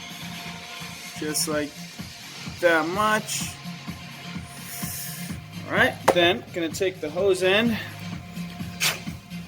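Someone talks while picking up a push-lock hose-end fitting and lining it up with a lubricated rubber hose, with light handling noises and a steady low background hum. The fitting has not been pushed in yet, and nothing has seated or clicked.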